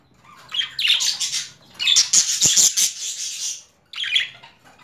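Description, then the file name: Budgerigar chatter: bursts of harsh, squawky chirps with a noisy high warble, in three runs separated by short pauses. Female budgerigar; mixed sounds. "Karisik Sesler Disi Muhabbet Kusu Sesi"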